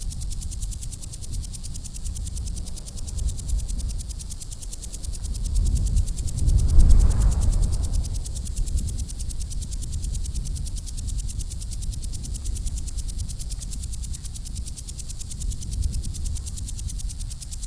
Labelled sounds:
Common Green Grasshopper (Omocestus viridulus) stridulation

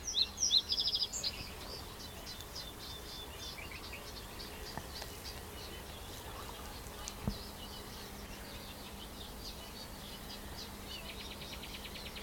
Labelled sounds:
Reed Bunting (Emberiza schoeniclus)

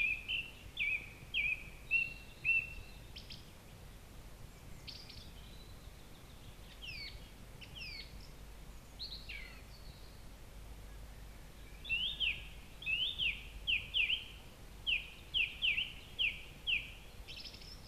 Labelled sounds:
Song Thrush (Turdus philomelos) song

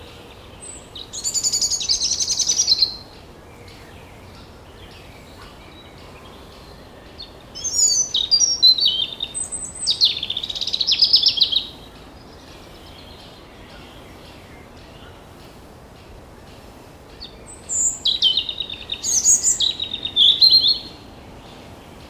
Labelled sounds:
European Robin (Erithacus rubecula) song

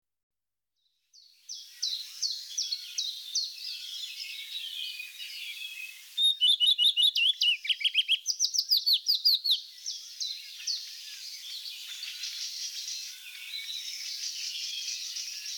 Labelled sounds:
Common Redstart (Phoenicurus phoenicurus) song

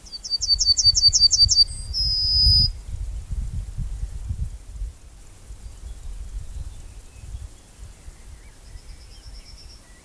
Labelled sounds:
Yellowhammer (Emberiza citrinella) song

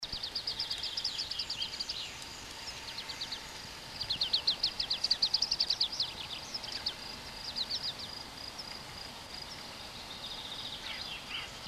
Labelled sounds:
Tree Pipit (Anthus trivialis) song

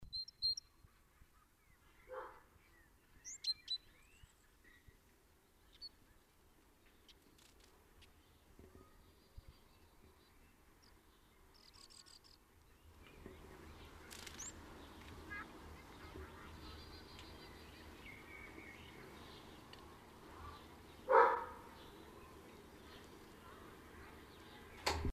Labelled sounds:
Great Tit (Parus major) song

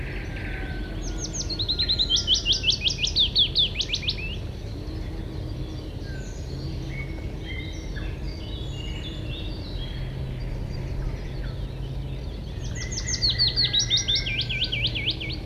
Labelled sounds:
Willow Warbler (Phylloscopus trochilus) song

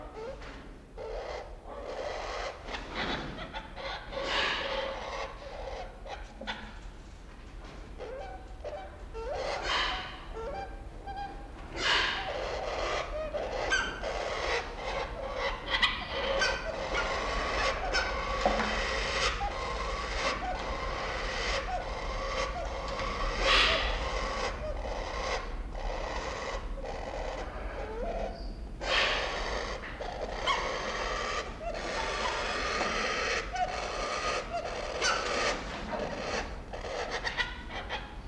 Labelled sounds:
Silvery-cheeked Hornbill (Bycanistes brevis) call

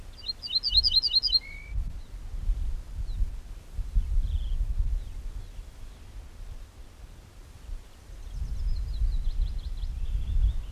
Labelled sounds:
Ortolan Bunting (Emberiza hortulana) song

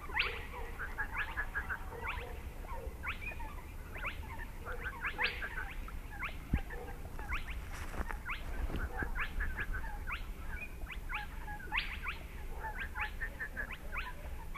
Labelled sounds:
Spotted Crake (Porzana porzana)

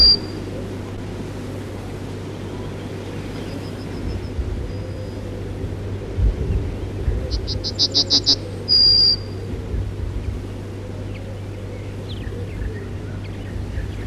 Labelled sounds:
Yellowhammer (Emberiza citrinella) song

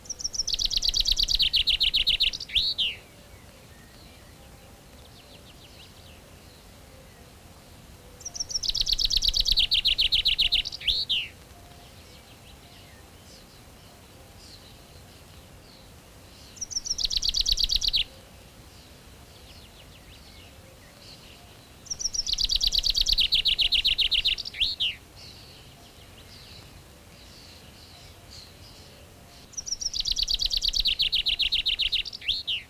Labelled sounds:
Common Chaffinch (Fringilla coelebs) song

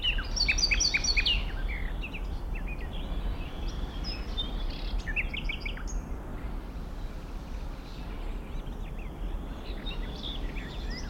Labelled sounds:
Common Nightingale (Luscinia megarhynchos)

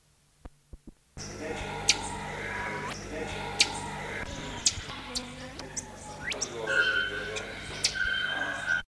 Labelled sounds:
Paradise Tanager (Tangara chilensis) call

